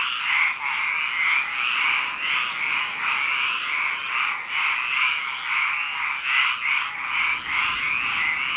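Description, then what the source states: Frogs croaking in a dense chorus, overlapping raspy pulses throbbing in steady waves without pause for the whole stretch. Recorded at a lake.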